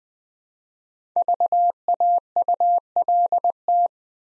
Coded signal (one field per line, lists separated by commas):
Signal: Morse code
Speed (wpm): 20 wpm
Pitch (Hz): 700 Hz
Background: none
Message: VAULT